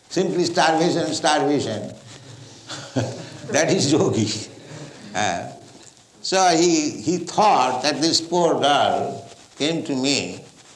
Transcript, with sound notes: Simply starvation, starvation. [laugh] That is yogī. So he thought that "This poor girl came to me,